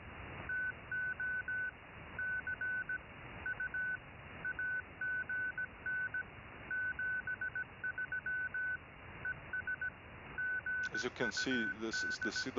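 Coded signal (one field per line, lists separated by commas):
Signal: Morse code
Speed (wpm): 17 wpm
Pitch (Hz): 1500 Hz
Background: speech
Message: TO C U AGN 73 ES GUD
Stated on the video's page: CW generated in FLDIGI software and transmitted with SDR Console and a Pluto SDR.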